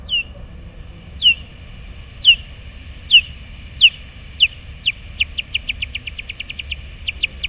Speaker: Elle a capturé l'insecte qu'elle convoitait grâce à son sonar.